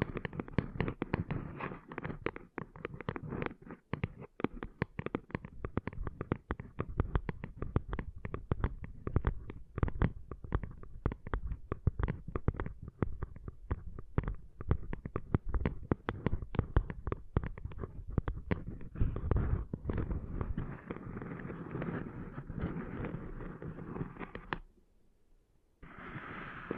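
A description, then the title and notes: Sand being cleaned out of an ear: a dense, rapid crackle of gritty scratches and pops that runs nearly nonstop. Past the midpoint the crackling softens into a continuous rubbing hiss, drops almost silent briefly, then a brighter scrape returns. ASMR Cleaning Sand Out of Your Ears (No Talking).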